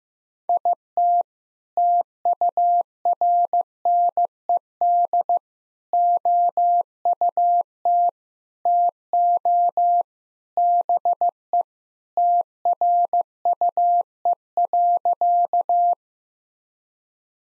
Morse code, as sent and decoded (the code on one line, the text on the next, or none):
.. - / - ..- .-. -. . -.. / --- ..- - / - --- / -... . / - .-. ..- . .-.-.-
IT TURNED OUT TO BE TRUE.